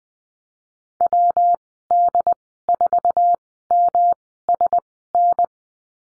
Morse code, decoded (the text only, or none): WD4MSN